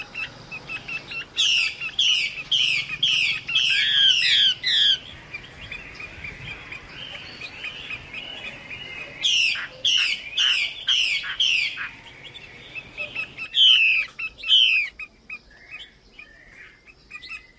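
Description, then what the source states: Chinese hwamei singing in loud bursts of quick, repeated downward-sweeping notes, separated by quieter rambling warbles and a pause before the final burst. Female bird singing.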